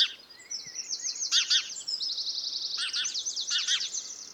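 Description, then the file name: House sparrow chirps, harsh stacked notes in short pairs, over a steady high buzzy trill that runs through most. "Passer domesticus"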